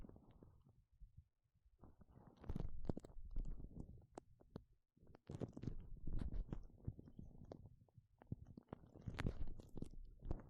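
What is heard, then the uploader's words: Gloves rustle and squeak as they're handled, with irregular crinkling bursts and sharp snaps, a near-silent gap before two seconds and again near five. 5 different GLOVES Sounds. (No Talking).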